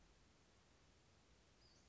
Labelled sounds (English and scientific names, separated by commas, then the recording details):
Western Flycatcher (Empidonax difficilis)
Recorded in Sonoma County, California